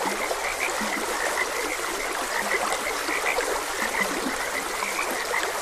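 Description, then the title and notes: Frogs croak in a busy overlapping chorus, occasional deeper short grunts breaking through, with the even rush of stream water behind. Frogs croaking beside a gentle stream. "Gentle Stream and Frogs Croaking. Sleep and Relaxation Podcast"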